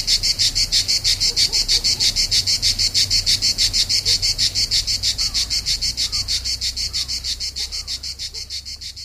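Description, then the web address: Cicada song, a fast train of harsh high pulses about three per second, slowly fading toward the end. Recorded on 3 September 2009, starting at 07:29 in the morning. "cigales Enregistrement Cigales enregistrement"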